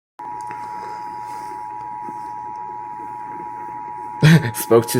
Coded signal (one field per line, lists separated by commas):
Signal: Emergency Alert System (SAME) tones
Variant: 853 and 960 Hz attention tone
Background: speech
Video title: Louisiana Monthly Test on WWL | EAS #2503